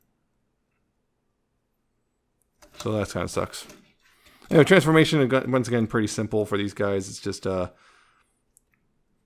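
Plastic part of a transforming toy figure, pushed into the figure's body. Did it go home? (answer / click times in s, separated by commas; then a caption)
no / none. A plastic part of a Transformers War for Cybertron: Earthrise transforming toy figure (Roller Force or Ground Hog) is pushed into the figure's body, and the only sounds are faint plastic clacks from handling while someone talks. The part does not clip or lock in anywhere; nothing has clicked into place.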